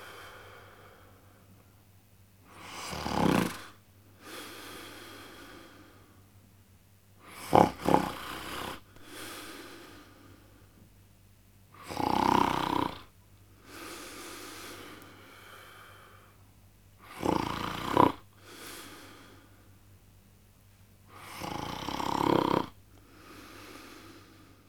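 An adult man snores with loud, rough, rattling inhalations about every five seconds, roughly 12 breaths a minute, each followed by a softer, airy exhale. The loud inhaled snores vibrate harshly. Ordinary snoring.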